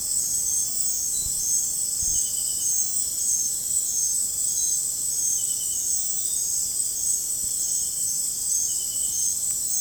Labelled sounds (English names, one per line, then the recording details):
none
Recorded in dense forest near Puerto Asís, Putumayo, Colombia, on 29 June 2025 at 20:00
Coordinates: 0.503, -76.323
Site G059